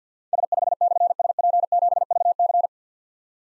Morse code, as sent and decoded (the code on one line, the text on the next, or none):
... ..... -..-. ... .--. --... ...- -.-.
S5/SP7VC